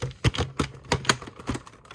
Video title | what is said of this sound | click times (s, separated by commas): Shark Rotator (NV500/1) & Shark Navigator (NV352) In depth Review and Comparison! (read desc!) | it just clips into place. | 0.9 s, 1.1 s